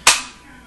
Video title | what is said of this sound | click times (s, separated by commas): Sigma sw40ve holster | now if you listen in it it's got some great retention to it it actually snaps in there | 0.1 s